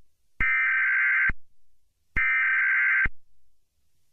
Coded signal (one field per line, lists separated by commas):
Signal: Emergency Alert System (SAME) tones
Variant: header bursts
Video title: The bunny killer (EAS SCENARIO)